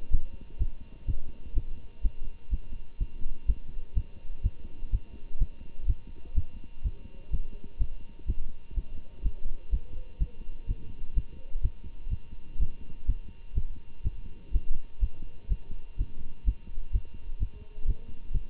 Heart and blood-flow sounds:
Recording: heart sounds by stethoscope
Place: between the tricuspid and mitral areas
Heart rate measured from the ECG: 125 bpm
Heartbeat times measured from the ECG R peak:
0.10 s: heartbeat
0.58 s: heartbeat
1.06 s: heartbeat
1.54 s: heartbeat
2.02 s: heartbeat
2.50 s: heartbeat
2.99 s: heartbeat
3.46 s: heartbeat
3.94 s: heartbeat
4.42 s: heartbeat
4.91 s: heartbeat
5.38 s: heartbeat
5.86 s: heartbeat
6.34 s: heartbeat
6.83 s: heartbeat
7.30 s: heartbeat
7.78 s: heartbeat
8.26 s: heartbeat
8.75 s: heartbeat
9.22 s: heartbeat
9.70 s: heartbeat
10.18 s: heartbeat
10.67 s: heartbeat
11.14 s: heartbeat
11.61 s: heartbeat
12.09 s: heartbeat
12.58 s: heartbeat
13.06 s: heartbeat
13.54 s: heartbeat
14.03 s: heartbeat
14.52 s: heartbeat
14.99 s: heartbeat
15.48 s: heartbeat
15.97 s: heartbeat
16.44 s: heartbeat
16.91 s: heartbeat
17.39 s: heartbeat
17.86 s: heartbeat
18.32 s: heartbeat
From the record:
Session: Bruce protocol treadmill stress test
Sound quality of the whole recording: good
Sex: male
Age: 25 years

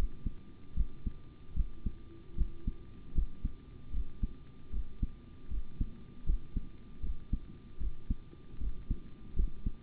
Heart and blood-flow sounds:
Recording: heart sounds by stethoscope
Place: between the tricuspid and mitral areas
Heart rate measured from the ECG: 77 bpm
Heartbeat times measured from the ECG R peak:
0.75 s: heartbeat
1.54 s: heartbeat
2.35 s: heartbeat
3.13 s: heartbeat
3.91 s: heartbeat
4.71 s: heartbeat
5.48 s: heartbeat
6.24 s: heartbeat
7.01 s: heartbeat
7.78 s: heartbeat
8.58 s: heartbeat
9.34 s: heartbeat
From the record:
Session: rest, sitting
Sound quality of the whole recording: good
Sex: male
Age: 25 years

